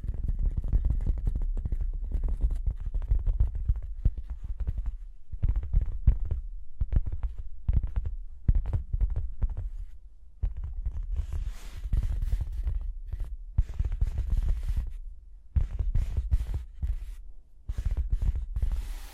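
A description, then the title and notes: Tapping and scratching, a dense run of quick, irregular taps with a low, thumping body, almost continuous for nineteen seconds. Brief pauses fall near five and fifteen seconds. After about eleven seconds, sharper clicks and raspy scratches appear, brighter than the earlier taps. Tapping and Scratching (No Talking).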